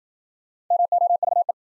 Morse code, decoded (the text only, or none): MOVE